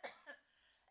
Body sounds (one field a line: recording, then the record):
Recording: coughing mixed with background sound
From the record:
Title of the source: Female coughing - Sound effects